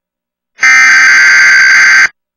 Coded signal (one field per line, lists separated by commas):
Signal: Emergency Alert System (SAME) tones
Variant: header bursts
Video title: TWC TV App Annoying EAS Weekly Test Glitch